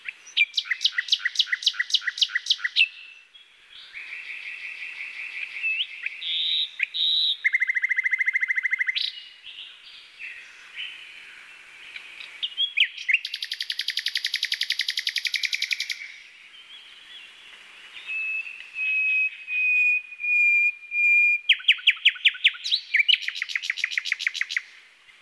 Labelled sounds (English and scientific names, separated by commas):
Common Nightingale (Luscinia megarhynchos) song